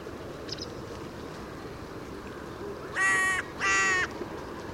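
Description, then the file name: Carrion crow cawing: two harsh, grating caws after a quiet stretch. "Corvus corone"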